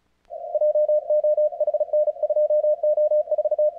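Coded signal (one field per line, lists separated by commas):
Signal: Morse code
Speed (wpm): 37 wpm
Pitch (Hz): 600 Hz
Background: radio noise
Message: JOHN 2O4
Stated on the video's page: CWops CWT on the Fourth of July.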